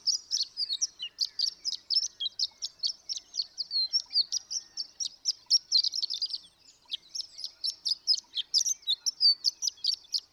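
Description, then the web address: Horned lark singing a continuous high, jingling twitter of quick notes, barely pausing through the whole stretch. "birdsongforthecurious Horned Lark"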